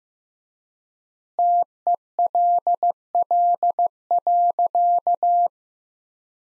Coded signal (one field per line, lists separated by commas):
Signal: Morse code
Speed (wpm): 16 wpm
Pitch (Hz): 700 Hz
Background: none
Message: TELL.